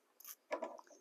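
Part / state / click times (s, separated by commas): arm piece into animatronic body socket / seated / 0.5 s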